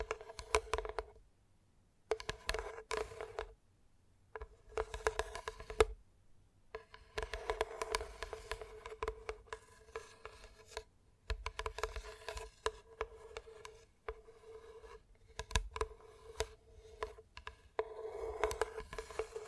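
Gentle tapping in uneven bursts with brief silent gaps, each burst a flurry of light clicks over a steady faint tone, ending in a denser run.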